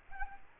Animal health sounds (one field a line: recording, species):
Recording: mosquito wingbeat signal from an infrared sensor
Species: Aedes albopictus